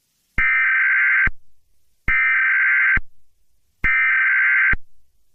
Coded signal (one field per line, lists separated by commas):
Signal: Emergency Alert System (SAME) tones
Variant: header bursts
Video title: Snow Storm Warning | Short EAS Scenario